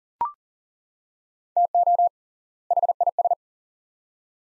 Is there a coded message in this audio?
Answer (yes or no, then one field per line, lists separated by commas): yes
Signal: Morse code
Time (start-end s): 1.6-3.3 s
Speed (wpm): 40 wpm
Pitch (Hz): 700 Hz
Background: none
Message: TO HIS